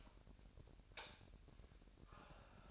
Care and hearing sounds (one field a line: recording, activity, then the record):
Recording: daily activity, microphone in the room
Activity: light off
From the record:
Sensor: 2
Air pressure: 1011.8 hPa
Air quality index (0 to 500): 212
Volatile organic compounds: 3 ppm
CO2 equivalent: 1494 ppm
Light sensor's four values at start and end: 16/45/18/19 and 12/27/12/12